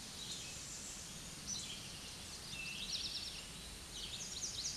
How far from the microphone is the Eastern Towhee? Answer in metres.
about 35 m